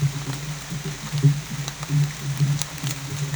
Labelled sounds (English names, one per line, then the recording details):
none
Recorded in dense forest near Puerto Asís, Putumayo, Colombia, on 21 December 2024 at 07:30
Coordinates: 0.484, -76.317
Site G026